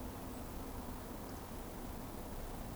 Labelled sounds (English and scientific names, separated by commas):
Eurasian Woodcock (Scolopax rusticola) whistle